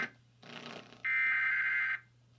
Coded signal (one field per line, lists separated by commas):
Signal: Emergency Alert System (SAME) tones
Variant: header bursts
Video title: PBS Kids Program Break (2004 WNED) with EAS Required Weekly Test